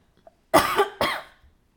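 Two loud, harsh cough bursts from an adult about half a second apart, each with a sharp onset and a fading tail, with a small click just before. It is a plain, isolated dry-sounding cough with no known cause in someone who is not ill, heard close to a microphone in a small room.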